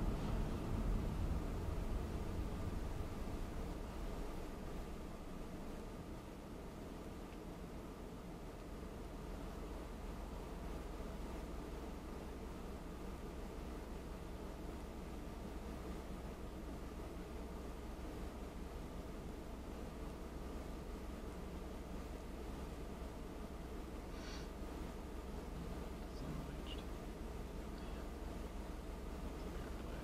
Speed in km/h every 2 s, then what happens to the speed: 21, 10, 0, 0, 0, 0, 0, 0, 0, 0, 0, 0, 0, 0, 0.
0-3 brakes to 0. 3-30 standing.